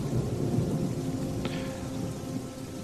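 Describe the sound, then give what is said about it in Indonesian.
Heavy rain pours outside in a steady, dense hiss while a deep rumble of thunder rolls underneath, with one brief sharp crack partway through and no voices. “Ketika ku bangun, di luar sana hujan turun cukup deras.”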